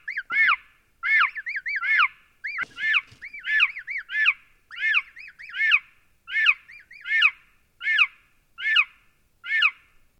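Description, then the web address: Chicken chick peeping in repeated bursts of a few arched, shrill notes throughout. A young chick chirping. "Tom Hutchings Chirp Chick Chirping"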